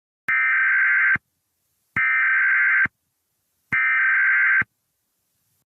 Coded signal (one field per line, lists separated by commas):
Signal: Emergency Alert System (SAME) tones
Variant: header bursts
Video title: (150 Subscriber Special) EAS Scenario - Superstorm